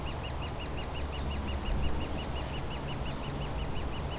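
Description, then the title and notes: Woodpecker nestlings begging: rapid, regular, high chirps, steady throughout, over a loud low engine rumble. Woodpecker nestlings squawking continuously in their cavity at the foot of a dead tree trunk, Bois Saint-Martin near Lognes aerodrome, Noisy-le-Grand, France; light aircraft and airliners flying overhead; recorded with a DR-40X. "Bois Saint-Martin RH9V+J6 Noisy-le-Grand, France - Oisillons et gros "volatiles" bruyants. Au pied d'un tronc d'arbre mort, les oisillons d'un pic dans leur cavité piaillent continuellement alors que des avions survolent la zone"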